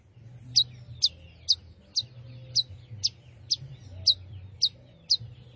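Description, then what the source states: Long-tailed shrike song of sharp, high, slurred notes, ten in a row, roughly every half second, over a low hum. Singing lively, described as gacor.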